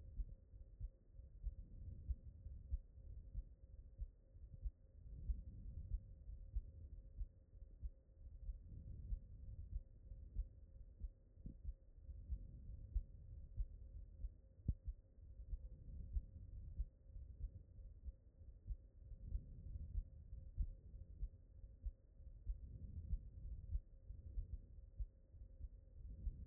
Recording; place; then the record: heart sounds by stethoscope; aortic valve (AV)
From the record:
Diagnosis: HFrEF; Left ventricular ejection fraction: 22%